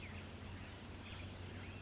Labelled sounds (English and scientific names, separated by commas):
California Towhee (Melozone crissalis)